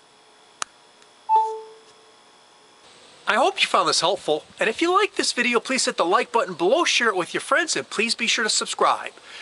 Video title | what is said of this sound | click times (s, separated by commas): iPhone Won't Charge - Easy Fix! | should also hear an audible click when you plug the charging cord into the phone | 0.6 s